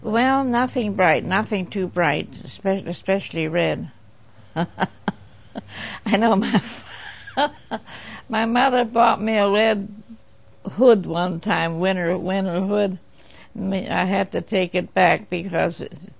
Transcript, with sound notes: Well nothing bright, nothing too bright. Especially red,. (laughs) I know my mother bought me a red one time, a winter hood, and I had to take it back because